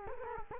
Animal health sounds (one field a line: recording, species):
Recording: mosquito wingbeat signal from an infrared sensor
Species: Culex quinquefasciatus